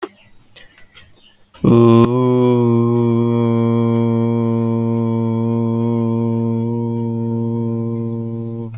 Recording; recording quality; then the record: sustained vowel as in boot; moderate, slight background noise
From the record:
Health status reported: healthy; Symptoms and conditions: none ticked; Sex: male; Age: 29 years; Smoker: not ticked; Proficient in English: yes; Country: India